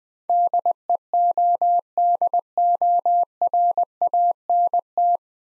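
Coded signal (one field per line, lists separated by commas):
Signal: Morse code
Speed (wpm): 24 wpm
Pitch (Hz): 700 Hz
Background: none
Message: DEODORANT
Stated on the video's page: Morse practice set at 20 WPM using easy words with contextual hints.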